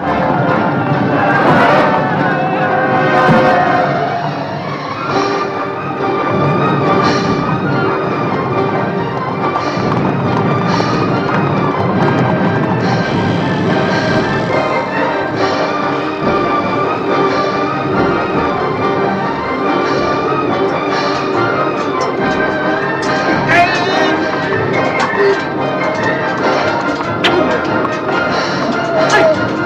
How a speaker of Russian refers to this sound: Противники сближаются. Рвутся артиллерийские снаряды, падают лошади, погибают люди.